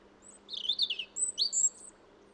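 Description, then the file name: European robin song: a short, wavering high warble followed by clear, thin whistled notes, then quiet. "Erithacus rubecula"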